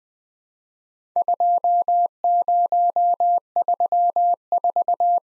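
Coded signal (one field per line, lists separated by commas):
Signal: Morse code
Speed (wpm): 20 wpm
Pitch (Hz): 700 Hz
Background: none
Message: 2034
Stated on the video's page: Morse practice of Worked All Europe DX Contest QTC exchanges at 20 wpm, each sent, spoken, then sent again.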